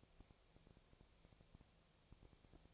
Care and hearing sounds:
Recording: daily activity, microphone in the room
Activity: no activity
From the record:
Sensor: 1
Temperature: 19.6 degrees Celsius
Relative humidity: 36.5%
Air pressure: 997.1 hPa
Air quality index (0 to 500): 204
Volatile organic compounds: 128 ppm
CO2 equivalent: 3917 ppm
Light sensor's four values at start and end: 1/2/1/1 and 1/2/1/1

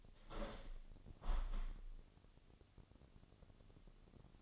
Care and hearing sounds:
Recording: daily activity, microphone in the room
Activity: open window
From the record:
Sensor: 4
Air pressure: 1001.2 hPa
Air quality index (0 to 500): 178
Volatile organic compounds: 2 ppm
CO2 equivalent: 1269 ppm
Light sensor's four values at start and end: 12/29/12/12 and 12/29/12/12

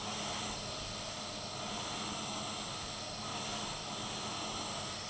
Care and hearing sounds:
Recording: daily activity, microphone in the room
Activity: vacuum cleaning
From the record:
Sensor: 4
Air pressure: 1000.1 hPa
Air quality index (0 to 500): 232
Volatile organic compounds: 32 ppm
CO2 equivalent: 2992 ppm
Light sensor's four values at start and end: 9/21/8/8 and 9/21/8/8

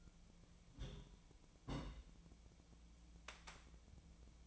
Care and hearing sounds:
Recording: daily activity, microphone in the room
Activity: place on stove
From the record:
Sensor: 1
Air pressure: 1010.0 hPa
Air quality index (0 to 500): 187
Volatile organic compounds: 17 ppm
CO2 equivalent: 2571 ppm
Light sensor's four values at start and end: 38/96/40/49 and 38/97/41/49

